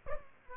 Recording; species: mosquito wingbeat signal from an infrared sensor; Aedes aegypti